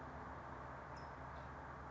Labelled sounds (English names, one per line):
California Towhee